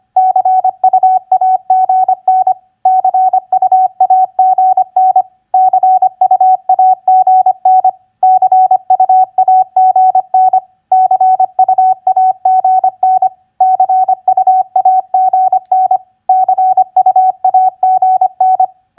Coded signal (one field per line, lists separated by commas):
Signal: Morse code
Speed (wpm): 25 wpm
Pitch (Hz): 750 Hz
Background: none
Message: CUAGN CUAGN CUAGN CUAGN CUAGN CUAGN CUAGN